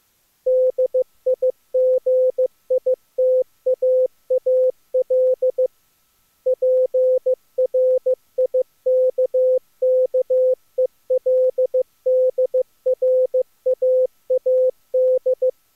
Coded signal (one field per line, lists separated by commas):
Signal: Morse code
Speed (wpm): 17 wpm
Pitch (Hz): 510 Hz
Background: none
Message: DIGITAAL PRIKKELDRAAD